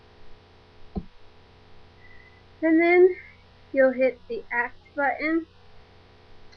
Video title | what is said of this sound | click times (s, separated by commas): Site Change | then you're going to put your Reservoir into your pump turn until it clicks | 1.0 s